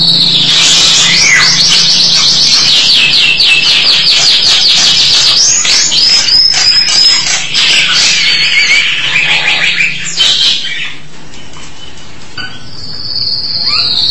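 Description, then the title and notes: Starling song opening with rapid repeated trilled notes, then more chattering trills, ending with a clear drawn-out whistle after a short pause. "suara burung jalak"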